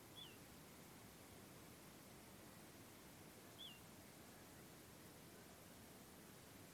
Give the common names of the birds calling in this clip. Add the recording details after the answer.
Little Ringed Plover. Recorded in France